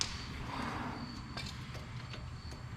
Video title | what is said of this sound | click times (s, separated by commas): SmartSaker Grease Gun Coupler Test and Review | Put it on. Locks into place, just stand wherever you want, do some pumping. | 0.0 s